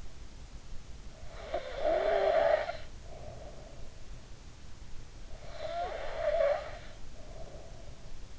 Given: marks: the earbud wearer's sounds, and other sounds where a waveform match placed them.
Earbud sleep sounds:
sounds in sleep by an in-ear microphone; breath
1.16-4.20 s: breath
5.17-8.39 s: breath

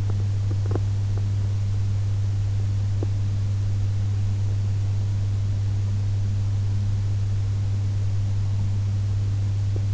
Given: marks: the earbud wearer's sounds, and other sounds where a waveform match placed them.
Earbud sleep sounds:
sounds in sleep by an in-ear microphone; teeth grinding
0.00-1.30 s: teeth grinding

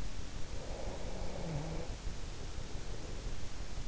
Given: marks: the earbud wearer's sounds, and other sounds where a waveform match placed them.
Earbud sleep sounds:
sounds in sleep by an in-ear microphone; breath
0.68-3.40 s: breath

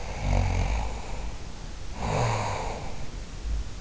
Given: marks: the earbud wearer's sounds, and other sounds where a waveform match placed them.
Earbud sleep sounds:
sounds in sleep by an in-ear microphone; snoring breath
0.07-3.77 s: snoring breath

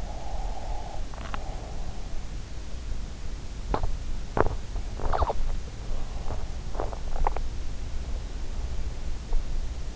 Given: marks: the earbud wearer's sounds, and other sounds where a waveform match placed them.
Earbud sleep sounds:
sounds in sleep by an in-ear microphone; breath, swallowing
0.00-2.02 s: breath
3.68-7.56 s: swallowing

